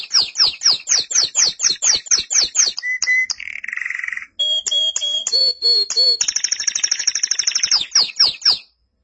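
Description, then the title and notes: Canary song with a string of repeated sweeping notes, a held whistle, a buzzy phrase, looping low notes and a long rattling high trill. "BM Suara Kenari. BM Suara Burung Kenari"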